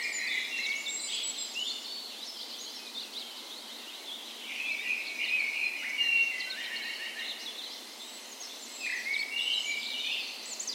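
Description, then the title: Birds in a dawn chorus, many overlapping high chirps, trills and whistles running continuously over a steady hiss of background noise. Dawn chorus in spring, morning of 17 May, Norway's National Day, in a park west in Bergen, Norway; recorded with Sony PCM A10 and LOM micro Usi microphones as tree ears. "17th Of May Dawn Chorus"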